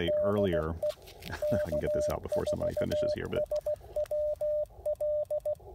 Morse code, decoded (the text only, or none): DE K4SWL